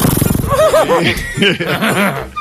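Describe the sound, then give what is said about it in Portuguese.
A person imitates a horse's neigh, a loud, shaky whinny of quick wavering pitch swoops that rise and fall in a rapid series, ending with breathy noise. “Vai imitar um cavalo.”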